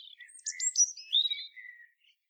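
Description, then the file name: Common blackbird giving a brief high twittering phrase of thin squeaky notes and a short downslurred whistle. "Turdus merula"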